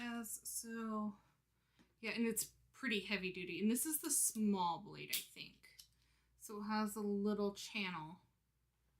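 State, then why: Not seated. Someone talks while handling the blade guard on the handle of a small, heavy-duty rotary cutter, a safety cover that slides along a little channel. The guard has not yet locked into place, and nothing has seated or clicked by the end of the clip.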